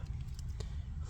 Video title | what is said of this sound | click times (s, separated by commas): 2003 Accent ECM removal and installation StruggleCam®️ | I'll feel it click | 0.4 s, 0.6 s